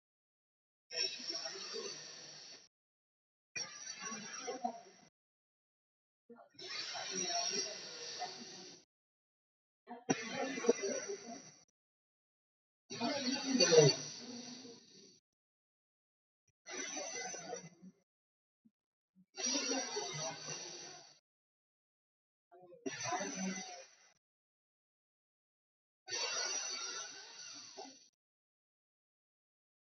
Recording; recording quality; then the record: deep breathing; excellent, no background noise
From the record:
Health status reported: healthy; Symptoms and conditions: none ticked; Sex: male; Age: 26 years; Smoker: not ticked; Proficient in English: yes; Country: India